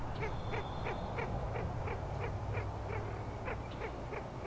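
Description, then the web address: Rapid repeated frog pulses, about three per second and slightly uneven, over a deep low hum, with a thin high tone early on. Frog chorus at Grafton Lake, recorded 3 May 2009. "The Frog Chorus Tunes Up On Grafton Lake"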